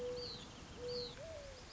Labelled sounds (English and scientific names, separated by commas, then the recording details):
Mourning Dove (Zenaida macroura)
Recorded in Sonoma County, California